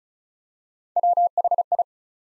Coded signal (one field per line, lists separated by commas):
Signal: Morse code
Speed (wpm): 36 wpm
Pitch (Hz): 700 Hz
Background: none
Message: WHI